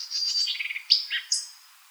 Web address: White-eyed Vireo 2007 01 04 White-eyed Vireo